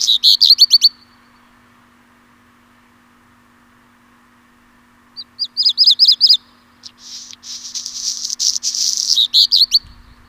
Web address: birdify Phoenicurus ochruros